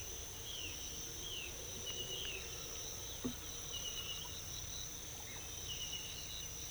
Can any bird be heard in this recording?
no